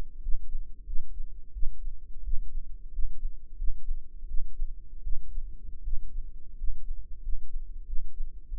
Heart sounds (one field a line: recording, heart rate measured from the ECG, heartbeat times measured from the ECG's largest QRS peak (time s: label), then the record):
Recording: heart sounds by microphone in the right ear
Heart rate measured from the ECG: 87 bpm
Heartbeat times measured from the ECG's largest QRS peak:
0.20 s: heartbeat
0.85 s: heartbeat
1.52 s: heartbeat
2.22 s: heartbeat
2.91 s: heartbeat
3.56 s: heartbeat
4.26 s: heartbeat
5.02 s: heartbeat
5.82 s: heartbeat
6.55 s: heartbeat
7.20 s: heartbeat
7.84 s: heartbeat
8.48 s: heartbeat
From the record:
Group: healthy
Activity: rest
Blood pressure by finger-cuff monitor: 134/90 mmHg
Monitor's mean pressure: 103 mmHg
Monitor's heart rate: 87 bpm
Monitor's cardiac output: 6.5 L/min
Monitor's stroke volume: 73 mL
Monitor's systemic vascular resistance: 1180 dyn s/cm5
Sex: male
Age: 21 years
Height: 180 cm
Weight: 67.5 kg